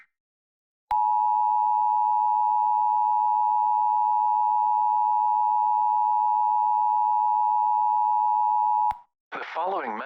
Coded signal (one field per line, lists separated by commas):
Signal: Emergency Alert System (SAME) tones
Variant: 853 and 960 Hz attention tone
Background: speech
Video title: EAS Scenario (In Film): The Quiet Place 2